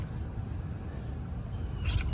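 A Milwaukee pole saw attachment is held up and lined up with the shaft coupling before it is pushed in. A steady low rumble fills the clip, with a short, brighter scraping rustle near 1.9 s as the parts are handled. Nothing has seated or clicked yet.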